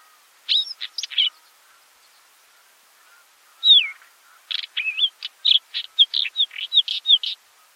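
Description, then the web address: Capped wheatear calls: short chirpy notes and a downslurred whistle, then a fast jumbled run of varied chirps and twitters in the second half. "Capped wheatear. چکچک-کلاهدار"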